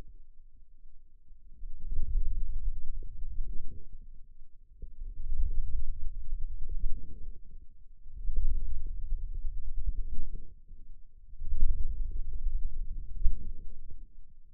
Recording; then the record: forearm muscle sounds (acoustic myography)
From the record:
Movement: radial deviation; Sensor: system 2, bracelet of six BSWA MPA416 microphones around the upper forearm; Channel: 1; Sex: male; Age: 22 years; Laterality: right